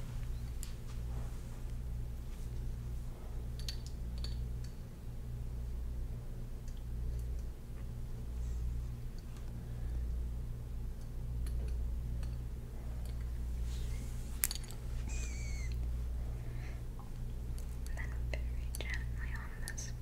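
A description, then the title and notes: A scalp and shoulder massage: a steady low hum runs underneath while soft rubbing and brushing sounds come and go throughout. Occasional small clicks and faint squishy touches appear, with a sharper tap near fourteen seconds and brief bright scratches after it. ASMR Real Person Scalp & Shoulder Massage.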